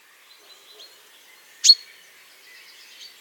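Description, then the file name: Common chaffinch giving a single sharp, short call note. "Fringilla coelebs"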